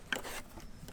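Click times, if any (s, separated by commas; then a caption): none. The second plastic Quadratec flashlight-holder mount clip for a Jeep JL Wrangler or JT Gladiator is handled and hooked against the vehicle seat rail, the same way as the first. A sharp tick at about 0.1 s leads into a scraping rub until about 0.4 s, with a fainter tick near 0.9 s. Nothing has seated or snapped home yet.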